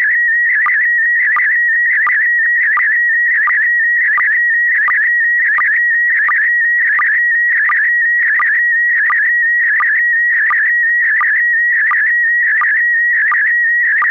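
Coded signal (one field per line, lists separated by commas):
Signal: SSTV (slow-scan television)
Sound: warbling whistle-like tone with a regular short lower blip about every 0.7 seconds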